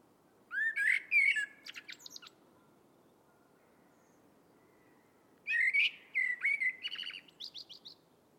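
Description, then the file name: Eurasian blackbird song: a rich warbled phrase trailing into high twittering notes, a pause of about three seconds, then a second similar phrase, over a soft background hiss. "Turdus merula"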